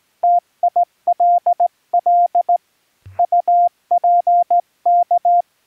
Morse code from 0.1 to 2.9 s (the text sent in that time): TILL